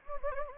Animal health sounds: mosquito wingbeat signal from an infrared sensor; Anopheles gambiae

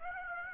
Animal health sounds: mosquito wingbeat signal from an infrared sensor; Aedes aegypti

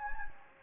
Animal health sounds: mosquito wingbeat signal from an infrared sensor; Anopheles gambiae

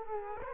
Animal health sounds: mosquito wingbeat signal from an infrared sensor; Culex quinquefasciatus

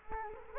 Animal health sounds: mosquito wingbeat signal from an infrared sensor; Culex quinquefasciatus

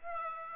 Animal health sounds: mosquito wingbeat signal from an infrared sensor; Aedes aegypti

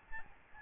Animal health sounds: mosquito wingbeat signal from an infrared sensor; Aedes albopictus

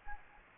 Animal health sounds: mosquito wingbeat signal from an infrared sensor; Anopheles gambiae

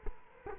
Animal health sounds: mosquito wingbeat signal from an infrared sensor; Culex quinquefasciatus

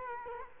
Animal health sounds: mosquito wingbeat signal from an infrared sensor; Culex quinquefasciatus

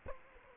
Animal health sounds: mosquito wingbeat signal from an infrared sensor; Culex quinquefasciatus

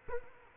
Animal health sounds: mosquito wingbeat signal from an infrared sensor; Culex quinquefasciatus

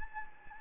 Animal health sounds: mosquito wingbeat signal from an infrared sensor; Anopheles gambiae

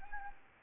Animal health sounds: mosquito wingbeat signal from an infrared sensor; Anopheles gambiae

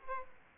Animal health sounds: mosquito wingbeat signal from an infrared sensor; Aedes aegypti

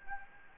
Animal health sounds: mosquito wingbeat signal from an infrared sensor; Anopheles arabiensis

